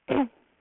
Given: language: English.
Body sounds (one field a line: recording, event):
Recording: throat vibration sensor signal played as sound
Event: throat clearing